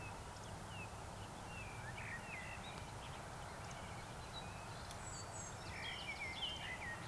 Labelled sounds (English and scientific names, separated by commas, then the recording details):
Eurasian Woodcock (Scolopax rusticola) whistle
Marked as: whistle, whistle, whistle
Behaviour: display flight
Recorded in Baden-Württemberg, Germany, on 26 June 2021 at 19:37 UTC
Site 45499, 200 m above sea level